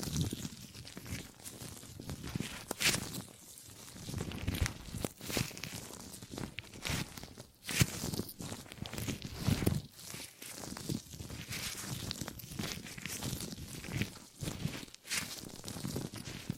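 Gripping and grabbing sounds: irregular rustling, scuffing handling noises with frequent sharp bursts, fairly dense and uneven throughout, like shuffling or tearing.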